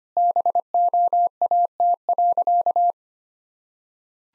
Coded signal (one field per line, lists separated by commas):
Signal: Morse code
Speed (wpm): 25 wpm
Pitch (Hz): 700 Hz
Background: none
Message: BOAT.